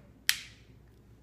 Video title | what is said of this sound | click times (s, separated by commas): Denture Implants | you put it down and then you press and you're gonna hear it click | 0.3 s